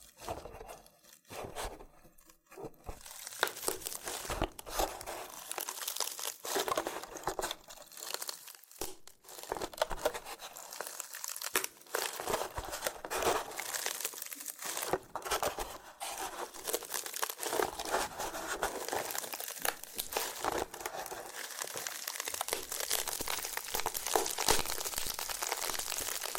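Loofah being handled with dense, crackly peeling and popping sounds, quieter for the first few seconds, then continuous bright crinkling with frequent sharp pops.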